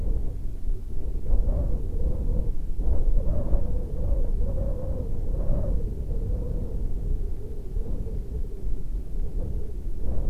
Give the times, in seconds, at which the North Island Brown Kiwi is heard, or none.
none